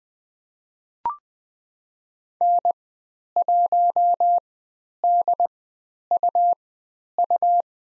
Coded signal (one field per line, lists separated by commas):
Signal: Morse code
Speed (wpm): 20 wpm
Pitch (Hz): 700 Hz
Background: none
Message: N1DUU